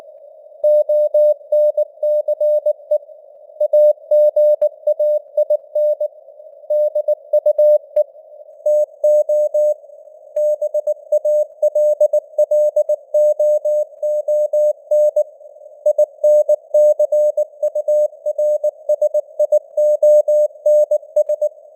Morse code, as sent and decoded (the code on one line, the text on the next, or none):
--- -. -.-. . / .- --. .- .. -. / -.. ..- . / - --- / -... .- .-.. .-.. --- --- -. / .. -. -.-. ..- .-. ... .. --- -. ...
ONCE AGAIN DUE TO BALLOON INCURSIONS